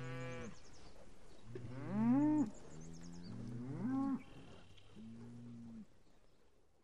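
Cow mooing, four low droning moos, two of them swelling louder and bending in pitch, the last flat.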